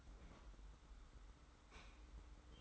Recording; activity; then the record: daily activity, microphone in the room; open fridge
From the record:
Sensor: 3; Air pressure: 990.9 hPa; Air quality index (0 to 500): 117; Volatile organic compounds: 82 ppm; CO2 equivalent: 3620 ppm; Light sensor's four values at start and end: 37/87/35/33 and 37/87/35/33